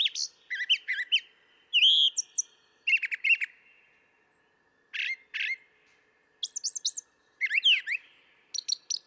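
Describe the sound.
Brown thrasher song, a varied run of loud rich phrases, most given in pairs, with brief pauses between bursts.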